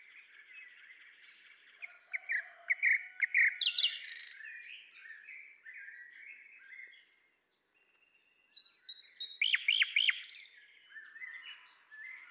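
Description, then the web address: Common nightingale song of varied chirps and whistles, a steady low whistle beneath early phrases, a short silence, then loud rapid downslurred notes. "pub SETE data Luscinia megarhynchos"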